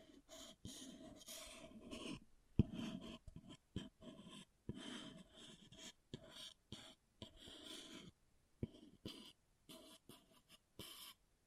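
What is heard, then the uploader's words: Object scratching in short, rough bursts that start and stop irregularly, with a few sharp clicks, one louder knock near three seconds. ASMR Brain Melting Object Scratching (No Talking).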